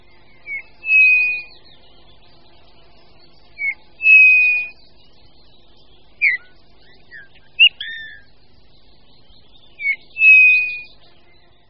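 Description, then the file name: Eurasian bullfinch giving soft, mellow whistled calls with short clipped notes in between, several repeats over a quiet background. "Hýl-obecný"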